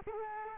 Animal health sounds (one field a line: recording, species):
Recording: mosquito wingbeat signal from an infrared sensor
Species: Culex quinquefasciatus